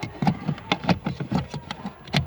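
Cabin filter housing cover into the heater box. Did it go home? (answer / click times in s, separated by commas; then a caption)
no / none. A plastic cabin pollen filter housing cover is pressed back onto the heater box of an Opel/Vauxhall Corsa D after a new filter goes in, with the upper part handled first. Repeated plastic scrapes, creaks and sharp taps are heard, the strongest around 0.7 s, 0.9 s and 2.2 s. Nothing has seated or clicked yet; the cover is not home by the end.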